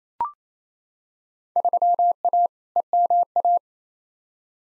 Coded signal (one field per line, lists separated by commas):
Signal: Morse code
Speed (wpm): 27 wpm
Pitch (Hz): 700 Hz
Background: none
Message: 3A EMA